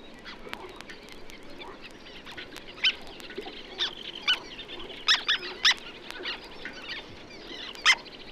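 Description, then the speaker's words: Black Tern calls: sharp, clipped notes from a group, spaced unevenly with short pauses, and fainter calls in between. A group calling while hunting insects; breeds sparsely in northern Germany on floating nests, nesting in colonies. "Zunächst die Trauerseeschwalbe, eine spärlich in Norddeutschland auf schwimmenden Nestern brütende Art von schwärzlicher bis schiefergrauer Färbung. Lauschen wir einer Gruppe bei der Insektenjagd."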